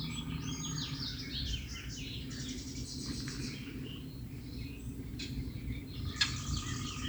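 Songbird chorus of mixed chirps and quick trills, a brief buzzy burst near the middle and sharp high notes late on, all above constant low-pitched background hum.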